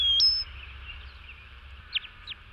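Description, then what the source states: Cowbird whistle: a thin, pure high note that jumps upward and holds briefly, followed by a few faint soft chirps and a low background hum. Played recording; a very common bird now found everywhere, originally hanging around grazing cows to eat the insects they scare up.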